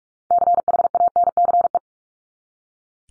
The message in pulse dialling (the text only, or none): none